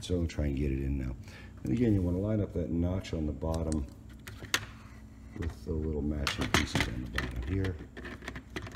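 A plastic part, likely the magazine, is lined up by the notch on its bottom and pushed toward a Nerf Stryfe foam dart blaster modified for full auto, while someone talks. Short plastic knocks and rattles of handling are heard, most sharply around 4.5 s and again near 8.3 s. Nothing has seated or clicked yet when the clip ends.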